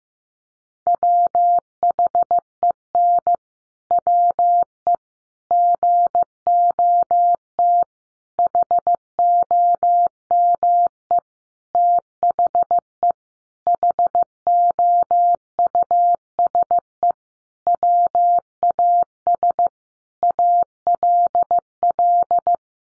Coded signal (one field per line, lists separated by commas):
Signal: Morse code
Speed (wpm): 15 wpm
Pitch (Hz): 700 Hz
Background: none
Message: WHEN WE GOT HOME THE HOUSE WAS ALL